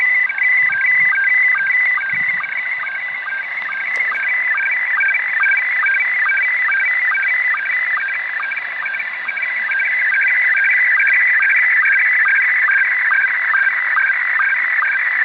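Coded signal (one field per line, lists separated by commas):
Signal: SSTV (slow-scan television)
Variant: Scottie 1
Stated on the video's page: SSTV sound heard on a pirate radio station.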